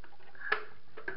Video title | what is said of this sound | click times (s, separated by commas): Toilet Cistern Valve Repair | pull it up and then turn the head anti-clockwise until you hear it click | 1.1 s